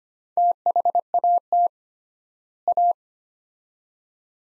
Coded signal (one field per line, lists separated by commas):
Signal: Morse code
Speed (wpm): 25 wpm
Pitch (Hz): 700 Hz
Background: none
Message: THAT A